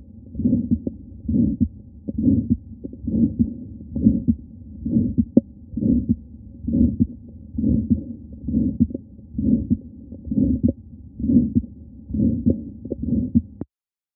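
A regular heartbeat of about 67 per minute in a woman of about 30 with a bicuspid aortic valve and moderate-to-severe aortic stenosis, heard at the aortic area. Each beat carries a rough crescendo-decrescendo systolic murmur, the sign of aortic stenosis. The aortic ejection sound cannot be picked out by ear, although it is present on the phonocardiogram.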